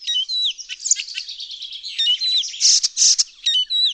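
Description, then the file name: Icterine warbler song, a rapid varied jumble of harsh buzzy notes, slurred whistles and chattering phrases, with loud rasping bursts near the end. "ZAGANIACZ"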